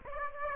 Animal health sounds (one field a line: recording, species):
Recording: mosquito wingbeat signal from an infrared sensor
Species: Aedes aegypti